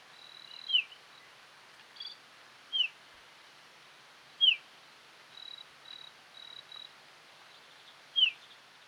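Pied bush chat calls: a few short, sharp downslurred whistled notes at irregular intervals, with thin steady high tones between them over faint background hiss.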